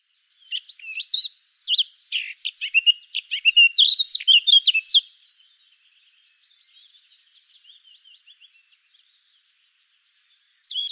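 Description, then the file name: Eurasian blackcap singing a hurried, scratchy warble that builds louder over several seconds, then trails off into faint twittering before one more note closes. "Sylvia atricapilla"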